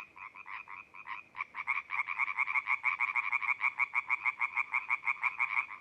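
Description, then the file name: European tree frog giving a quick run of nasal, clacking croaks, a few spaced notes at first, then an even rapid series. "laubfrosch"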